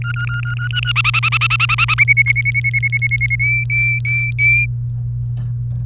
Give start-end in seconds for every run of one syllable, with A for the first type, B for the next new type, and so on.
0.01-0.92 A, 0.96-1.94 B, 1.98-3.35 C, 3.39-4.66 D